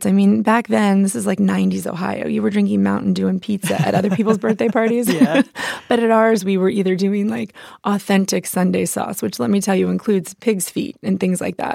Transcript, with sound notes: I mean, back then - this is like '90s Ohio. You were drinking Mountain Dew and pizza at other people's birthday parties.
(Laughter) Yeah.
But at ours, we were either doing, like, authentic Sunday sauce, which, let me tell you, includes pig's feet and things like that.